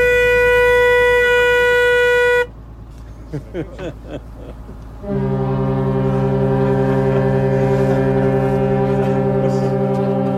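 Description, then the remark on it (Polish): A loud, steady ship's horn sounds for a couple of seconds, then brief voices, then a deeper, richer horn blast that holds for over five seconds, two vessels at sea trading greetings with Captain Boczek's ship. “Dawaj, dawaj naszą cienką syrenkę.”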